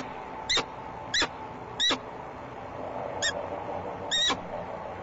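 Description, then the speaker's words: Peregrine Falcon calls: five sharp, clipped, harsh notes at uneven intervals, over a steady background hum. "You are listening to the sound of a peregrine falcon."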